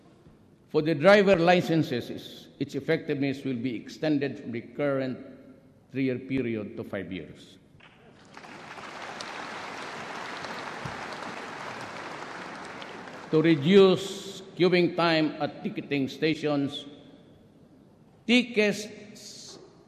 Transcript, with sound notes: For the driver’s licenses, its effectiveness will be extended from the current 3-year period to 5 years. [applause]
To reduce queuing time at ticketing stations, tickets